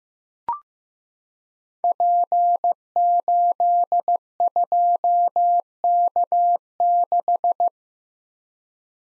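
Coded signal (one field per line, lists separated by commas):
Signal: Morse code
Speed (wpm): 15 wpm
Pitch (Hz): 700 Hz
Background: none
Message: P82K6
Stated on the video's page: Five-character letter and number code group drill at 15 wpm, each group sent in Morse, spoken, then sent again.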